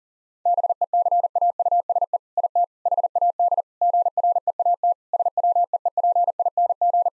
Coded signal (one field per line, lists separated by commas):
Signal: Morse code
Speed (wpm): 40 wpm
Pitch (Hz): 700 Hz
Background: none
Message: BECAUSE IT HAD GREAT SWEEPING